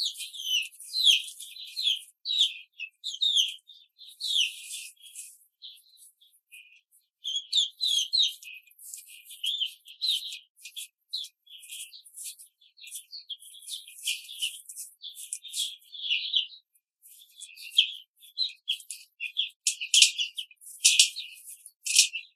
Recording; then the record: young laying hens in a cage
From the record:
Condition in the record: control cage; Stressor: none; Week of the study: 5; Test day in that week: 1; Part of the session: 2